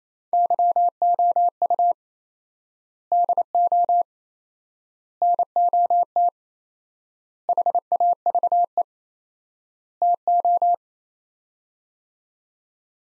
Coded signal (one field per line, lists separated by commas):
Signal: Morse code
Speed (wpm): 28 wpm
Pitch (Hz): 700 Hz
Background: none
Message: YOU DO NOT HAVE TO